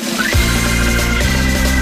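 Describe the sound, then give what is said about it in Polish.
A voice imitates an elephant trumpeting on Polish radio station Trójka for World Elephant Day: a short upward swoop leads into a loud, sustained, brassy blare with a rich buzzing tone, held for nearly two seconds. “Może i faktycznie ten słoń nie wyszedł mi najlepiej, ale nieważne, dziś Światowy Dzień Słonia”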